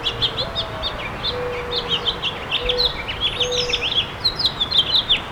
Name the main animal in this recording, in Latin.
Haemorhous mexicanus